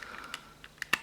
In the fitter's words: um and I think it uh Clips in place fairly well